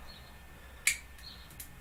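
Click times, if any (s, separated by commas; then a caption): 0.9 s. A plastic plug on a wire is pushed into its socket and snaps into place with a sharp, bright click at 0.9 s. A much fainter tick follows at 1.6 s over a low, steady background hiss. The plug is seated.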